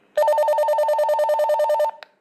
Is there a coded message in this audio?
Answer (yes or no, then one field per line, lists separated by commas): no